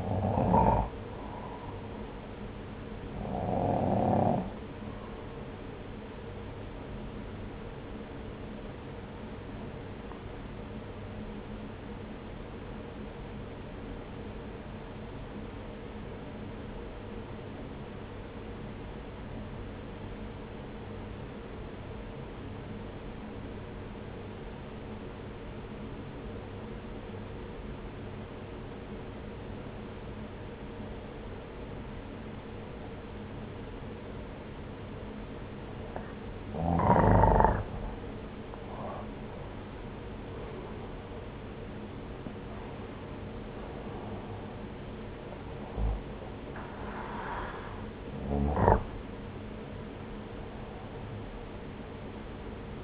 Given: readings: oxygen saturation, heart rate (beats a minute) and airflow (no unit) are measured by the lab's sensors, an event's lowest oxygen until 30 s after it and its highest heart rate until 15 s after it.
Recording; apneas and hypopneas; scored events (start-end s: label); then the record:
breathing in sleep by a voice recorder at the bedside; 1
10.00-36.90 s: obstructive apnea (N1, oxygen 95% highest, then 86% lowest)
From the record:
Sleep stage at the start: N1 (lightest sleep); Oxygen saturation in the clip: 86 to 95%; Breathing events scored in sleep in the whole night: 303 in 8.1 hours asleep